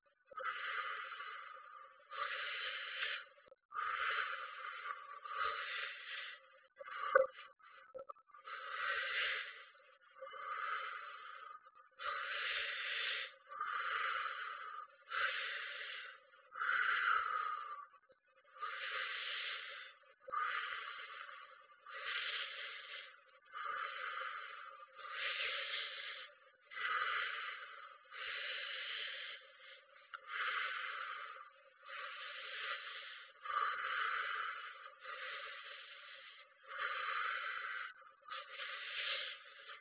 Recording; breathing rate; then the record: paced breathing near a phone; 18 breaths a minute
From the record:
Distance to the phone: 20 cm